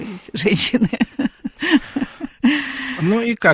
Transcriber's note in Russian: смеется